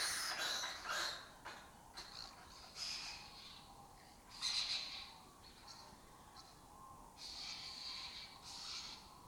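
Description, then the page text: Lesser kestrels calling repeatedly in harsh, raspy bursts that vary in loudness. Colony that took over an abandoned building complex in Doñana; migratory raptor that forages in West Africa and breeds in southern Europe. "Lesser Kestrels Took Over an Abandoned Building. Here in Doñana"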